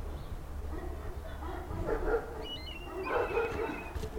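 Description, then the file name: Dog barking, two short rough bursts about a second apart, over steady low street rumble. "ptichki ulicca sobaka"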